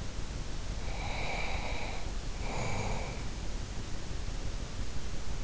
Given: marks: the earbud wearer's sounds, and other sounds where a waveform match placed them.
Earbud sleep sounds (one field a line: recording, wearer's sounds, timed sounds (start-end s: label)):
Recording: sounds in sleep by an in-ear microphone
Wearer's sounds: breath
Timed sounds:
0.84-3.33 s: breath